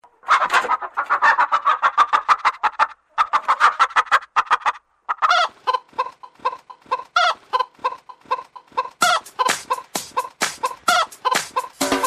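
Chicken clucking in rapid, uneven runs of short clipped notes, pausing briefly between bursts, with some sharper clucks toward the end.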